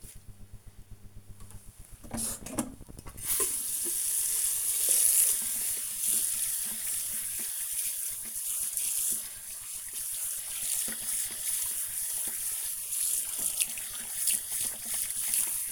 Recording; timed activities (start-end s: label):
household activities, microphone on the right wrist
0.87-15.72 s: washing hands